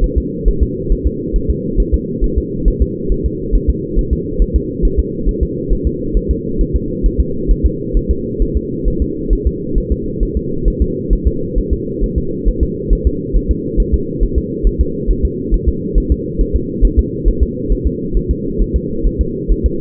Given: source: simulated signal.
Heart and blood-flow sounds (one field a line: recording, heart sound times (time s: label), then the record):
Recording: fetal heart sounds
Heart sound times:
0.04 s: S1
0.18 s: S2
0.48 s: S1
0.63 s: S2
0.92 s: S1
1.07 s: S2
1.36 s: S1
1.50 s: S2
1.80 s: S1
1.94 s: S2
2.24 s: S1
2.38 s: S2
2.68 s: S1
2.82 s: S2
3.12 s: S1
3.26 s: S2
3.55 s: S1
3.70 s: S2
3.99 s: S1
4.13 s: S2
4.42 s: S1
4.56 s: S2
4.85 s: S1
5.00 s: S2
5.29 s: S1
5.43 s: S2
5.73 s: S1
5.87 s: S2
6.17 s: S1
6.31 s: S2
6.61 s: S1
6.76 s: S2
7.06 s: S1
7.20 s: S2
7.51 s: S1
7.66 s: S2
7.97 s: S1
8.11 s: S2
8.42 s: S1
8.57 s: S2
8.88 s: S1
9.02 s: S2
9.33 s: S1
9.47 s: S2
9.78 s: S1
9.92 s: S2
10.23 s: S1
10.37 s: S2
10.68 s: S1
10.82 s: S2
11.13 s: S1
11.27 s: S2
11.58 s: S1
11.73 s: S2
12.04 s: S1
12.18 s: S2
12.48 s: S1
12.63 s: S2
12.93 s: S1
13.07 s: S2
13.37 s: S1
13.51 s: S2
13.80 s: S1
13.94 s: S2
14.23 s: S1
14.38 s: S2
14.67 s: S1
14.81 s: S2
15.10 s: S1
15.25 s: S2
15.54 s: S1
15.69 s: S2
15.98 s: S1
16.12 s: S2
16.41 s: S1
16.56 s: S2
16.85 s: S1
16.99 s: S2
17.28 s: S1
17.43 s: S2
17.72 s: S1
17.87 s: S2
18.17 s: S1
18.31 s: S2
18.62 s: S1
18.76 s: S2
19.07 s: S1
19.21 s: S2
19.52 s: S1
19.66 s: S2
From the record:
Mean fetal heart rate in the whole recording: 135 bpm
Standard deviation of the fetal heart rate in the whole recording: 3 bpm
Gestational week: 36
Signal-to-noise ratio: -6.6 dB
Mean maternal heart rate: 72 bpm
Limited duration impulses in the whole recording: present